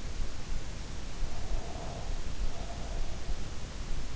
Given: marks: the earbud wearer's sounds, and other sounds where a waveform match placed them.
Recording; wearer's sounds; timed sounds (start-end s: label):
sounds in sleep by an in-ear microphone; breath
1.44-3.09 s: breath